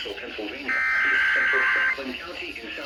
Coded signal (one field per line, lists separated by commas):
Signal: Emergency Alert System (SAME) tones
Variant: header bursts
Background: speech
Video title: THE MCV SHUFFLE... EAS Alerts from 5/20/22 (EAS #921-951)